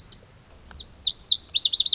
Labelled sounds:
Lazuli Bunting (Passerina amoena)
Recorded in Sonoma County, California

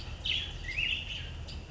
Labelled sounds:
American Robin (Turdus migratorius)
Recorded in Sonoma County, California

